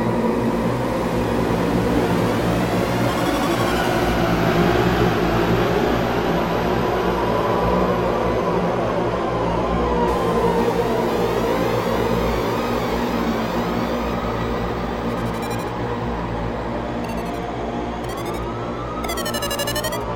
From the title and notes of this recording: Long-form ambient dronemusic soundscape with binaural beats and tones weaving with underlying bassy tone.